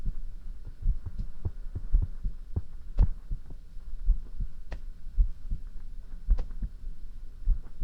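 Soft, low, muffled thumps repeat at about 55 beats a minute, in a fairly steady rhythm under a faint background hum. It is an ordinary resting heartbeat of an adult man, heard close against the chest as a calming sleep roleplay.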